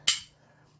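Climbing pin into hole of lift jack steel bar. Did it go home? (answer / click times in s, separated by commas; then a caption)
yes / 0.1 s. While a lift jack is worked, its spring-loaded steel climbing pin retracts and then snaps into the next hole in the steel bar at 0.1 s with a single sharp, bright metallic click. The click fades out by about 0.3 s, leaving only a faint low hum. The pin is seated and the jack is secured.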